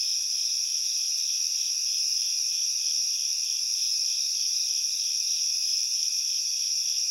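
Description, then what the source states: Crickets chirping in a dense, unbroken chorus: several high, shrill trills layered together, pulsing steadily without pause. Heavy cricket chorus recorded at night in a backyard.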